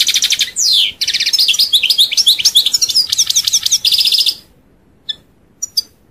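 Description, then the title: European goldfinch singing a dense run of twitters, slurred notes and buzzy trills for four seconds, then a few faint isolated chirps. "Chant Chardonneret"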